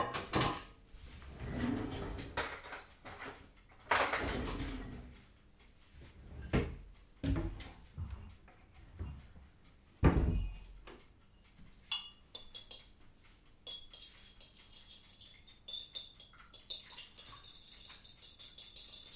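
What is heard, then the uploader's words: Early morning inside a bakery: irregular clatters, knocks and thuds of utensils and containers being handled, loudest around 0.5, 2.5, 4 and 10 seconds. Later the sounds turn lighter and brighter, quick metallic clinks and taps over a quiet room hum. Early morning Valencian bakery ambience. It's 04:30 AM in one of Valencia's oldest bakeries, Forn Desamparats. The bakery assistant begins preparations before opening at 06:30 AM. The baker meticulously measuring ingredients, the kneading of dough, and the clinking of baking utensils. Recorded by Carlos Berrizbeitia.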